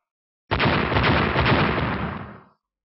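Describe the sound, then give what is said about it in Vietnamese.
A loud, booming explosion effect of three sword strikes bursts in abruptly and roars as a dense, rumbling blast for about two seconds before tapering off, with no voices present. “Ba tiếng nổ lớn vang lên, ba đạo kiếm ảnh vừa thô vừa to gấp mấy lần lúc trước lao đến, phần lớn đao ảnh lập tức tan biến.”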